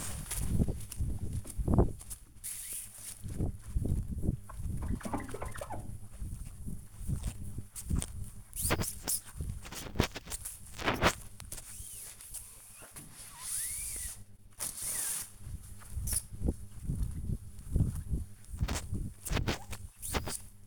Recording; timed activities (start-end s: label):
household activities, microphone on the right wrist
0.00-20.67 s: window cleaning